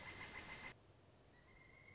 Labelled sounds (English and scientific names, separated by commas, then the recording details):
Pileated Woodpecker (Dryocopus pileatus)
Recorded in Sonoma County, California